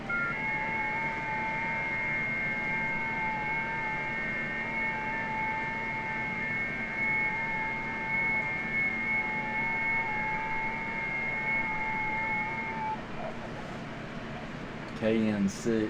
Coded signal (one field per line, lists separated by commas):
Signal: FT8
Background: speech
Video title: WSJT-X and GridTracker on #ft8 FT8 #hamradio